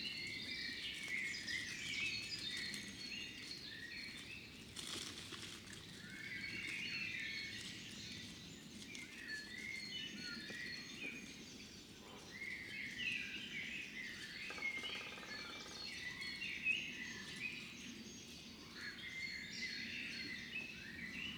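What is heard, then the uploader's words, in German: Birds wake and sing outdoors, a dense overlapping chorus of bright chirps and warbled phrases that runs without pause for the whole stretch. A low steady rumble sits underneath, with a brief sharp click near five seconds and a faint rattling burst around fifteen. Der Morgen vor dem Fuchsbau. Anders als in der Lehmgrube wachen hier die Vögel zu unterschiedlichen Zeiten auf. Auch dies ist eine Kunstkopfaufnahme, die mit Kopfhörern deutlich eindrucksvoller klingt.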